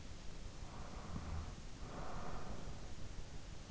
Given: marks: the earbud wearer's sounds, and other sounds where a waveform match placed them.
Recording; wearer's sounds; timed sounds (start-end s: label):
sounds in sleep by an in-ear microphone; breath
0.46-3.71 s: breath